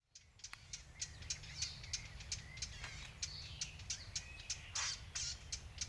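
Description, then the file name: Eurasian blackcap tacking with quick dry clicks in a rapid series, with faint twittering notes over a low rumble. "Sylvia atricapilla"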